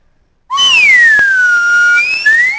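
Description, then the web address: Parrot giving a loud pure whistle that drops then levels off, followed by a brief rising whistle at the end. "kiesow Papagei"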